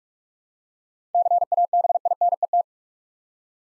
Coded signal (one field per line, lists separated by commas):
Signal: Morse code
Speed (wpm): 46 wpm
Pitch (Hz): 700 Hz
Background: none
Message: CABINET